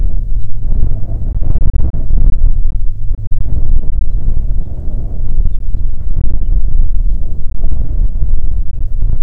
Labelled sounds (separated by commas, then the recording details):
songbird, wind
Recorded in the Prudhoe Bay oil fields, Alaska, on 5 June 2019 at 10:36
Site 16